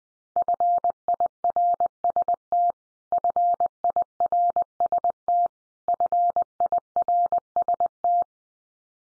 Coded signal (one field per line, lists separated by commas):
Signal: Morse code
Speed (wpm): 20 wpm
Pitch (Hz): 700 Hz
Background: none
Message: FIRST FIRST FIRST